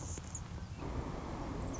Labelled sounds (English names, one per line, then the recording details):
Anna's Hummingbird
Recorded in Sonoma County, California